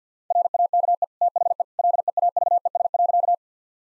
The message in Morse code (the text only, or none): RAKE THE LEAVES.